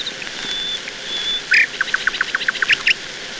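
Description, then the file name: Nightingale song: long pure whistled notes held steady, then a quick series of sharp, repeated chipping notes, over a steady background hiss. "Solovei"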